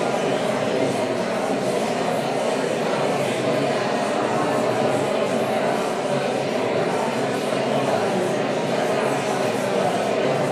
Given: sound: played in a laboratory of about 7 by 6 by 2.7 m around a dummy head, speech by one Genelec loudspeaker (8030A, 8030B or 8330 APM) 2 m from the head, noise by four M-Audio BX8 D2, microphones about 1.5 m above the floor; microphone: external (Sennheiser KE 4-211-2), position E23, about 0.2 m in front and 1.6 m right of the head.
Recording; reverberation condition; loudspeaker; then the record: babble noise; high; four, about 170 cm from the corners of the room and facing them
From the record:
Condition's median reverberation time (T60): about 1300 ms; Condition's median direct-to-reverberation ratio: about -4.0 dB